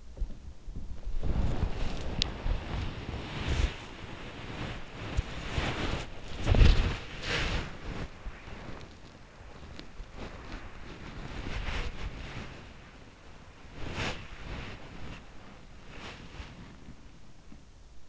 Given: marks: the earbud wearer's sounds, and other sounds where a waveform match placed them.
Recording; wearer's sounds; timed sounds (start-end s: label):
sounds in sleep by an in-ear microphone; body movement
0.00-18.09 s: body movement